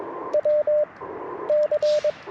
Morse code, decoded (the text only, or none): W C